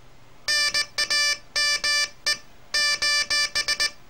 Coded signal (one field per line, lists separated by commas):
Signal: Morse code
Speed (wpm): 18 wpm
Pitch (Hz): 1750 Hz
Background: none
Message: NAME: